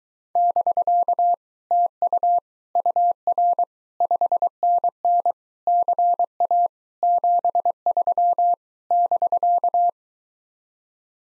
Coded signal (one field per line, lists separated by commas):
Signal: Morse code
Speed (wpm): 23 wpm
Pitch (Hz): 700 Hz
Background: none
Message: <BK> TU UR 5NN CA 73 <BK>